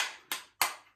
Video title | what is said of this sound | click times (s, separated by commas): Dyson Wandhalterung montieren - V15 Detect kabelloser Staubsauger Halterung (Dock) Montage Anleitung | drücken von oben den Klappmechanismus so weit runter, bis er einrastet. Klack, | 0.3 s, 0.6 s